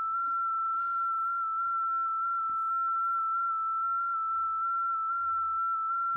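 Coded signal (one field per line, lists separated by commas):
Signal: FT8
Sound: a steady whistle-like tone around 1.3 kHz, warbling in tiny pitch steps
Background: low hum, faint room noise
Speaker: you got M7 rlp there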